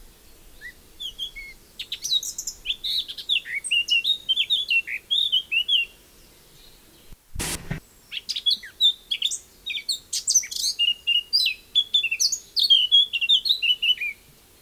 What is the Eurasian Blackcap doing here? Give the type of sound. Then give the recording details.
song. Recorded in the wild. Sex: male. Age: adult. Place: Effeltrich, Bayern, DE. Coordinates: 49.6603, 11.0908. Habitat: deciduos high forest. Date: 1964-05-01. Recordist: Tretzel, Erwin. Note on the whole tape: Männchen: Gesangsvariationen mit rhythmischem Überschlag. Laubhochwald, Mai 1964